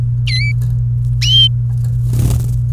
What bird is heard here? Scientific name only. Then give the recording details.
Serinus canaria. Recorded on 27 April 2018 at 16:45. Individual llb3